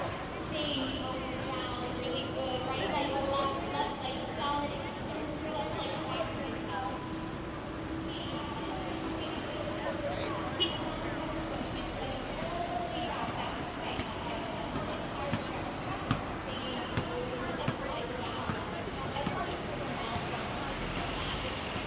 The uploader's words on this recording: A twenty-five minute binaural recording of a walk from Grand Central Terminal to Times Square. A walk from Grand Central to Times Square.